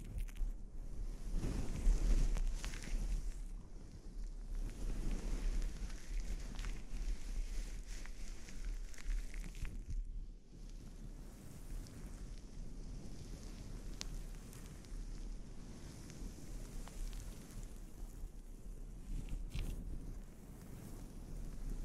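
Scalp treatment, with steady rubbing and rustling that crackle and shift in dense, uneven strokes over a constant low rumble. It is loudest in the first few seconds, drops briefly around ten seconds, then continues at a softer, even level.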